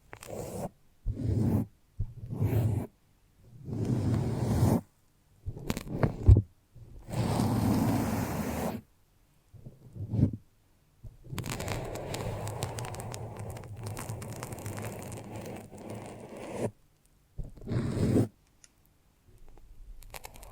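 Foamy, sticky rubbing in short bursts, each a second or two long with brief silences between, much like a zipper being drawn. Midway a longer, steadier scrubbing stretch runs for about five seconds before the short strokes return.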